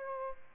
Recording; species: mosquito wingbeat signal from an infrared sensor; Aedes albopictus